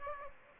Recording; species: mosquito wingbeat signal from an infrared sensor; Aedes aegypti